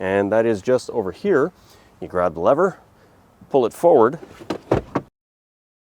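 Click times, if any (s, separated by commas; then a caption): none. In the cargo area of a Kia EV6, someone talks while a hand grabs the rear-seat release lever and pulls it forward, with a brief sharp sound near 5.0 s before the clip goes quiet. The rear seatback has not yet flapped forward, and nothing has seated or locked into its folded position yet.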